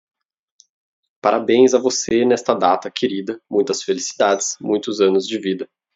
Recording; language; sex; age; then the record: short text; Brazilian Portuguese; male; 20 to 29 years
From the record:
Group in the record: control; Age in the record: 25 years